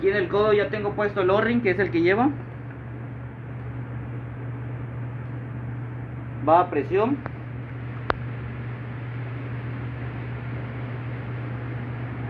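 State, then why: Seated. An elbow fitting with O-rings is pressed by hand into the pump housing of a Kärcher pressure washer during a repair for intermittent pressure and a motor that keeps switching on and off. Someone talks over a steady low hum, and one sharp hit at 8.1 s marks the press-fit elbow going home to its stop. The fitting is seated.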